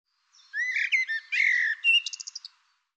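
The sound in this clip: Bird song: one phrase of slurred whistles and buzzy notes, finishing with a quick series of short, even notes.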